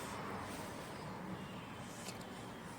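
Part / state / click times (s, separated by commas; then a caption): plastic locking clip on an inverter casing / not seated / none. A second plastic locking clip on an inverter casing is being handled and lined up by hand, but nothing has seated or clicked yet. Only a steady low hum and faint handling noise are heard, with no sharp snap.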